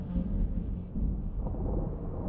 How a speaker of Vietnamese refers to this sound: Tiếng sấm bắt đầu vang lên tới tấp, từng tia sét theo nhau mà nhá lên từng tia ngang dọc, như thể muốn xé toạc cả một vùng trời rộng lớn mới vừa nãy còn rất đổi yên bình.